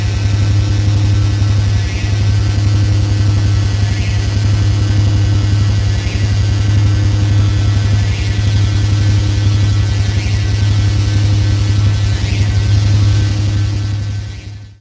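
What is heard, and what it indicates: A loud, steady low-pitched hum with faint thin tones above it and soft chirps about every two seconds, sustained throughout before fading at the end. This is a simulated tinnitus sound, the phantom hum or ringing a person with tinnitus hears.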